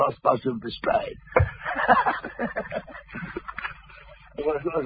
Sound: laughs